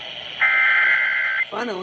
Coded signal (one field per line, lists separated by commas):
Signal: Emergency Alert System (SAME) tones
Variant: header bursts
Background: speech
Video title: EAS #253 Severe Thunderstorm Warning On WBAP-AM & FM